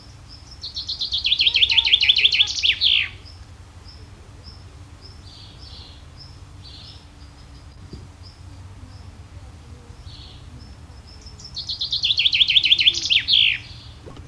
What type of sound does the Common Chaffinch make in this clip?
song